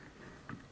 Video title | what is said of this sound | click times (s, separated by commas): BUILDING WALLZILLA!! (PART 6) | just like that and that pops this little clip | 0.5 s